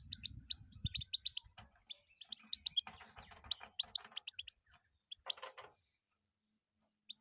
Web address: penie schegla